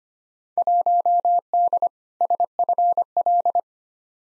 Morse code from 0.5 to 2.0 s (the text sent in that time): 1D